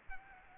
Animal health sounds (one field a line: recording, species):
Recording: mosquito wingbeat signal from an infrared sensor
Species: Aedes aegypti